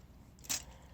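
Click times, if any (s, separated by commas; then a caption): 0.4 s. Small plastic cylinder locks on the wing of a 1/16 scale Kinze 3600 toy planter are undone so the wings can flex. Two quick clicks are heard at 0.4 and 0.5 seconds, followed by a brief bright burst. The locks are released.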